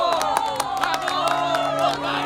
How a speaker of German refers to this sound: Ja, seine Frauen drängen die Neugierigen beiseite, er wird laut bejubelt. Hören Sie den Beifall und die Begeisterungsrufe der Menge.